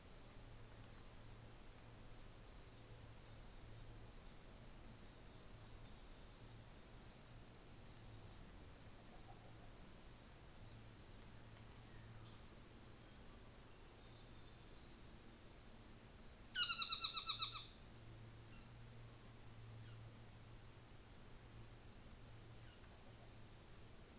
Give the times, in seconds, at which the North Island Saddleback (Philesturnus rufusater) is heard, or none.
16.44-17.86